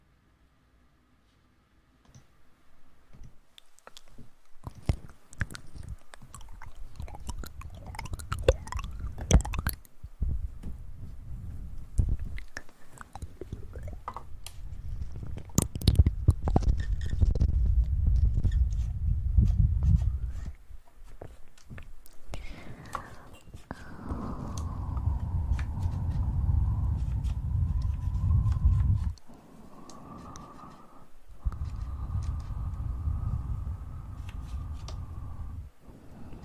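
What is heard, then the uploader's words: Tingly mouth sounds: wet clicks, smacks and chewing noises come in irregular bursts, dense and low from about 15 to 29 seconds. A steady whistling tone glides down near 22 seconds and holds to the end, with brief pauses around 29 and 31 seconds. ASMR Super tingly Mouth sounds.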